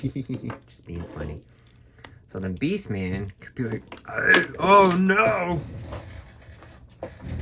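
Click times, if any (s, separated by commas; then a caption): 7.0 s. A swappable plastic arm is pushed into the shoulder socket of a Masters of the Universe Origins 200X Beastman action figure, popping right in because it is an Origins-line figure. Someone talks for most of the clip, then a short sharp click is heard at 7.0 s as the arm seats in the socket.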